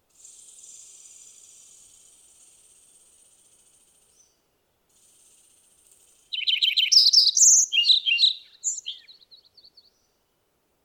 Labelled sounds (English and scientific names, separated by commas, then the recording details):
Lincoln's Sparrow (Melospiza lincolnii) song
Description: Lincoln's Sparrow song recorded on the Emerald Lake Trail in Rocky Mountain National Park
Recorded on 29 June 2015